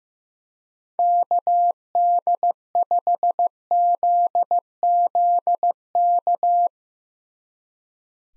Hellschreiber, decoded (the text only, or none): none